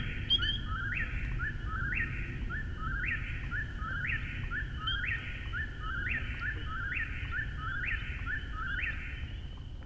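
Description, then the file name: Eastern whip-poor-will repeating its whistled three-note phrase over and over without pause, steady and even, with a constant low background hum. Recorded at Finzel, Maryland, on 10 June 2011. "Whip-poor-will calls Finzel MD 20110610"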